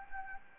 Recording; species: mosquito wingbeat signal from an infrared sensor; Anopheles gambiae